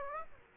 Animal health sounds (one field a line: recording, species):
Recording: mosquito wingbeat signal from an infrared sensor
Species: Aedes aegypti